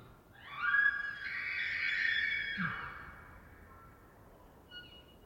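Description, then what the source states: Elk bugle: a high, drawn-out whistled scream sliding up then holding near one pitch for about two seconds, ending with a low grunt; faint bird notes after. Bull elk bugling in the rut in the Colockum Wildlife Area, Washington, a dry pine-forested plateau, morning of September 18 from pre-dawn, after a night wind storm; males out and vocal.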